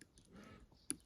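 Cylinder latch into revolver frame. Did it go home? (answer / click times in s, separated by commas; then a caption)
yes / 0.9 s. During reassembly of a Flobert revolver whose cylinder would not turn, the cylinder latch (detent) is set into its slot in the frame and pressed in with a screwdriver. A few faint ticks lead up to one sharp metallic click at 0.9 s as the latch snaps into place and seats.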